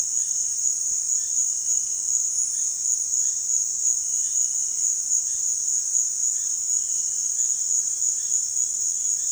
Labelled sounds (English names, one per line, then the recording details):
none
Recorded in dense forest near Puerto Asís, Putumayo, Colombia, on 22 June 2025 at 16:30
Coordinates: 0.466, -76.327
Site GP04